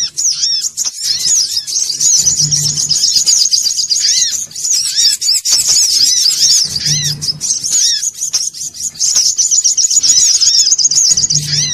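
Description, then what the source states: Little spiderhunter song: a sustained high, buzzy chatter of quick notes and arched chips, with a low hum returning every few seconds. Bird-training (masteran) song.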